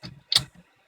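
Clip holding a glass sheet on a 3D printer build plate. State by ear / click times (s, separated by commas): seated / 0.4 s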